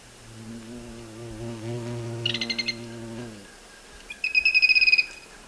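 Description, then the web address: Zimmer's tody-tyrant giving short, high, rapid trills: a brief burst, then a longer run of about ten quick notes, with a low droning hum during the first half. Calls and song; Eastern Lowlands of South America. "Natures Songs S America Eastern Lowlands. Hemitriccus minimus, calls and song"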